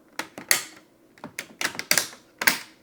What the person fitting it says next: click, click, click, locks into place.